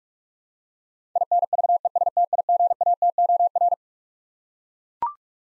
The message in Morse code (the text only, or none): INVESTIGATOR